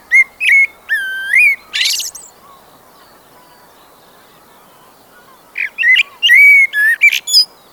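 Common blackbird singing: one warbled phrase of rich whistles and a scratchy high note, then about three seconds of quiet before another fluty phrase with a high twittered end.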